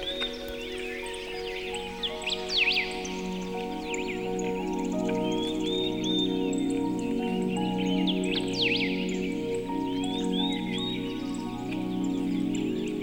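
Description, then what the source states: Birdsong with sharp rising and falling whistles and scattered chirps, set against continuous drawn-out music notes. Birdsong mixed with music.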